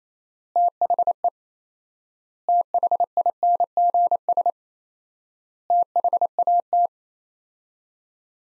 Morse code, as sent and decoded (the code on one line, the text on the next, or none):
- .... . / - .... .. -. --. ... / - .... .- -
THE THINGS THAT